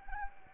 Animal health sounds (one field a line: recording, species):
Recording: mosquito wingbeat signal from an infrared sensor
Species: Anopheles arabiensis